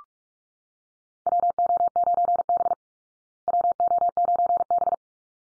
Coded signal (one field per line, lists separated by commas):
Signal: Morse code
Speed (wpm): 44 wpm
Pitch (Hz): 700 Hz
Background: none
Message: WO9B WO9B